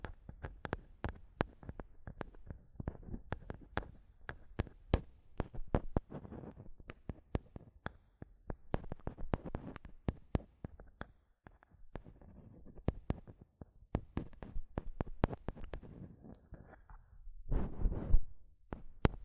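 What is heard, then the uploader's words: Mic tapping and scratching: sharp, irregular taps and knocks come thick and fast across the whole stretch, some louder cracks standing out. Between them runs a low rustling scrape, and near the end a denser, rougher burst of scratching lasts about a second. ASMR Mic Tapping and Scratching (No Talking).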